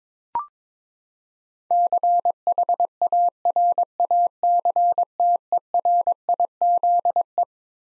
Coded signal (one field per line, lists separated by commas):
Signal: Morse code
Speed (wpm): 22 wpm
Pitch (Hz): 700 Hz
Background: none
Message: CHARACTERIZE